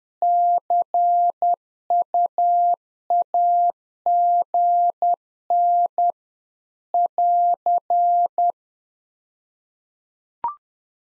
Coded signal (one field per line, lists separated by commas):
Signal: Morse code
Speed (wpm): 10 wpm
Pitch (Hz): 700 Hz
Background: none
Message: CUAGN <AR>